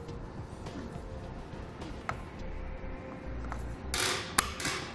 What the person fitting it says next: you hear that click you're gonna know it's tight enough